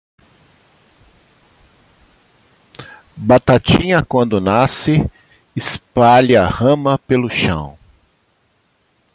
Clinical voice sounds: short text; Brazilian Portuguese; male; 60 to 69 years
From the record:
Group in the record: control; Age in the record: 64 years

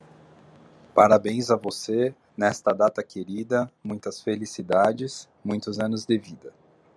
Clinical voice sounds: short text; Brazilian Portuguese; male; 30 to 39 years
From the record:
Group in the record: control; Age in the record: 31 years

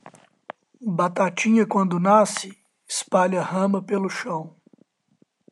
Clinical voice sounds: short text; Brazilian Portuguese; male; 30 to 39 years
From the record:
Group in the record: control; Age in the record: 36 years

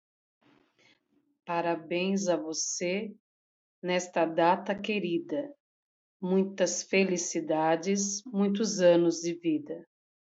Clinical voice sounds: short text; Brazilian Portuguese; female; 40 to 49 years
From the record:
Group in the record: control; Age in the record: 48 years

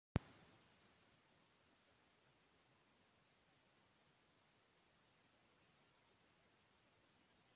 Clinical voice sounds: spoken sentence; Brazilian Portuguese; male; 40 to 49 years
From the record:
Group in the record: control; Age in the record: 41 years

